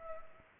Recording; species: mosquito wingbeat signal from an infrared sensor; Culex pipiens